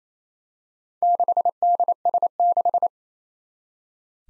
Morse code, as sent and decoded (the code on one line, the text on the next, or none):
-.... -.. ... -....
6DS6